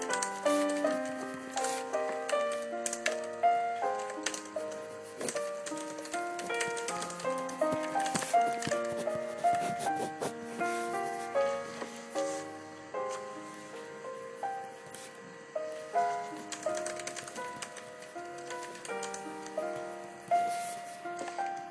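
Soft piano music plays steadily, its gentle notes moving through a middle-to-high range with frequent short phrases. Over it runs a dense stream of light tapping and clicking, like typing, with brief bright ticks scattered throughout the whole stretch.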